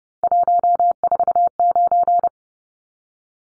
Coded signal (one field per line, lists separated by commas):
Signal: Morse code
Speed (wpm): 30 wpm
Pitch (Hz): 700 Hz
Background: none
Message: 149